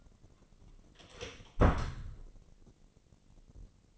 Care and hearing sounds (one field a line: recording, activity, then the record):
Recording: daily activity, microphone in the room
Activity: close door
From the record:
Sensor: 4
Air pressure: 1013.3 hPa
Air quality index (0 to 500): 180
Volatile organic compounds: 2 ppm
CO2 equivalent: 1130 ppm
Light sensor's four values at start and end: 86/215/89/94 and 69/168/71/71